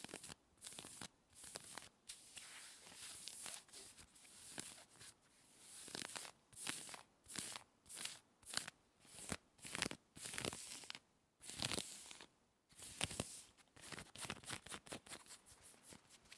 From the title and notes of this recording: ASMR Aggressive Jean Scratching Clothing Sounds to Help you Tingle and Sleep Denim Fabric.